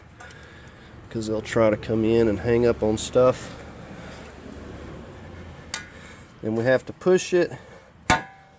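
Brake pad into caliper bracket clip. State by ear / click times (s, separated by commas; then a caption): seated / 8.1 s. A metal front brake pad on a Dodge Durango is pushed down to the bottom of the caliper bracket clip while someone talks. A short sharp tap sounds at 5.7 s, and a crisp metallic snap at 8.1 s marks the pad seating into place.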